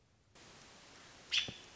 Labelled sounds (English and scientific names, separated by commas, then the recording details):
American Robin (Turdus migratorius)
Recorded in Sonoma County, California